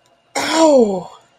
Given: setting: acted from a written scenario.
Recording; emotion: vocal sound without words; pain